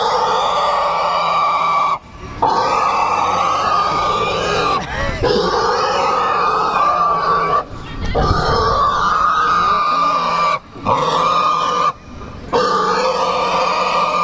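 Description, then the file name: Pig giving long, shrill squeals in sustained bursts, separated by several short breathing gaps. "cochon"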